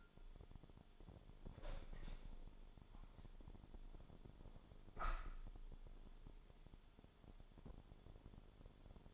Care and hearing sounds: daily activity, microphone in the room; open window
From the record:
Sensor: 5

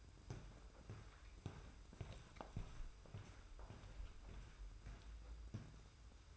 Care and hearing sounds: daily activity, microphone in the room; walk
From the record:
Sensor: 2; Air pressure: 990.6 hPa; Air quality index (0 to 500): 181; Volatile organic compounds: 1000 ppm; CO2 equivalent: 5744 ppm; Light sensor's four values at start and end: 25/60/24/24 and 26/62/25/25

